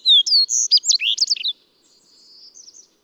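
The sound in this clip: Bird song: a rapid jumble of whistled, slurred and trilled high notes for about a second and a half, then softer thin twittering.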